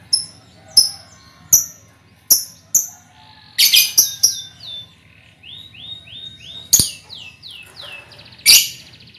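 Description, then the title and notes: Lovebird chatter: sharp high clicks, then a rapid run of rising and falling squeaky notes, broken by loud harsh bursts. Lovebird ngekek song, used as a lure song (kicau pancingan). "Master Kicau Lovebird ngekek, kicau pancingan"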